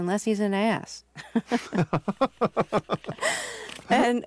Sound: laughter